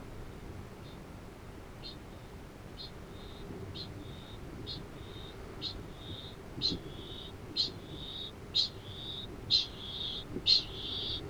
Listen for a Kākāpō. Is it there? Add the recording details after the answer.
yes. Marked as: faintness 3/5, faintness 2/5. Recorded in New Zealand. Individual Arab